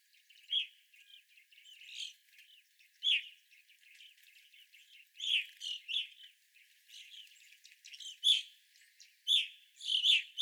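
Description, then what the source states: Evening grosbeaks giving loud ringing chirps at irregular intervals, with softer twittering notes between. Several evening grosbeaks recorded on 25 April 2021.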